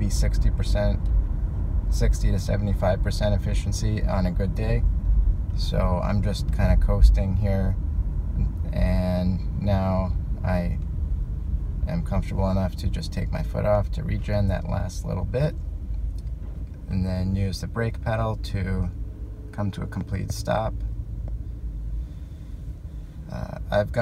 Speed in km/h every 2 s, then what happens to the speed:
31, 29, 26, 24, 19, 15, 10, 5, 0, 0, 0, 0.
0-15 slows to 0. 15-24 standing.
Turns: none.